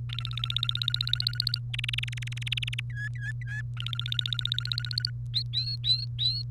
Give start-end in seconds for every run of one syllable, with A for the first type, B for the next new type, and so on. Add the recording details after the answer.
0.09-1.59 A, 1.74-2.80 B, 2.90-3.61 C, 3.77-5.10 A, 5.33-6.42 D. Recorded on 30 April 2018 at 17:49. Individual llb3